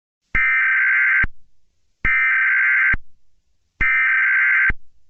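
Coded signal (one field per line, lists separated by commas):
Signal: Emergency Alert System (SAME) tones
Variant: header bursts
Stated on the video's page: Fictional EAS scenario based on SCP-087-B.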